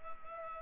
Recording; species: mosquito wingbeat signal from an infrared sensor; Culex pipiens